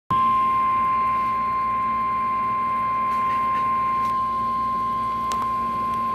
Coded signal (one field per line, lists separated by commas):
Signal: Emergency Alert System (SAME) tones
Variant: 1050 Hz attention tone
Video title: EAS/NWR Alert or message #272-273: Last Severe Thunderstorm Warning